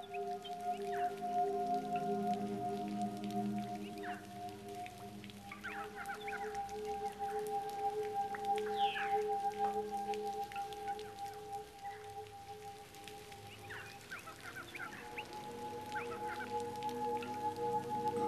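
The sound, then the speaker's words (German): Steady rain patters throughout, with scattered sharper drops over a constant low hum, and a few faint honking bird calls rising now and then through the downpour. “Hat viel geregnet.”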